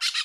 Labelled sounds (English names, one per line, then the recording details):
Brown-throated Parakeet contact call
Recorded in Curacao
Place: Road to Santa Cruz
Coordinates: 12.305, -69.141